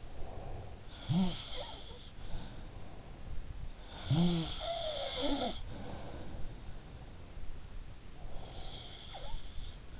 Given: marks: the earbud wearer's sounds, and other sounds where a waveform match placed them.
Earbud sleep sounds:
sounds in sleep by an in-ear microphone; breath
0.00-0.89 s: breath
0.83-2.84 s: sound from someone else or the room
2.50-3.57 s: breath
3.82-6.74 s: sound from someone else or the room
8.15-9.99 s: sound from someone else or the room

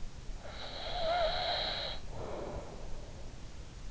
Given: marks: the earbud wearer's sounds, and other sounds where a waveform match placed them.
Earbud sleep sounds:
sounds in sleep by an in-ear microphone; snoring breath
0.55-3.07 s: snoring breath

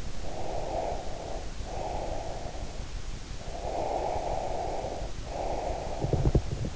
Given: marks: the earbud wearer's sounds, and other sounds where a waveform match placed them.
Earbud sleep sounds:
sounds in sleep by an in-ear microphone; breath, teeth grinding
0.15-2.94 s: breath
3.43-6.65 s: breath
5.86-6.76 s: teeth grinding

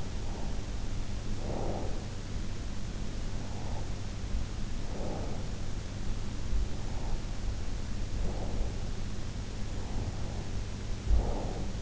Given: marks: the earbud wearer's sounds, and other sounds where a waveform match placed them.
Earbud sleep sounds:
sounds in sleep by an in-ear microphone; breath
0.00-2.25 s: breath
3.35-5.61 s: breath
6.73-9.04 s: breath
9.75-11.81 s: breath

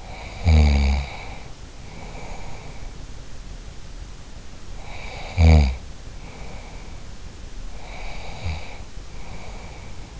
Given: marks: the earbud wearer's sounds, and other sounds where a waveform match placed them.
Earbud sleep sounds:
sounds in sleep by an in-ear microphone; snoring breath, breath
0.00-3.14 s: snoring breath
4.71-7.17 s: snoring breath
7.73-10.20 s: breath

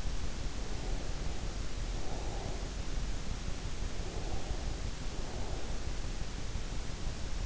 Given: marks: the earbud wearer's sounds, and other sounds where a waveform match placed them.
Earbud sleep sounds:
sounds in sleep by an in-ear microphone; breath
0.64-2.84 s: breath
4.05-6.12 s: breath

